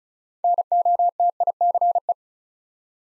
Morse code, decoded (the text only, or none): NOTICE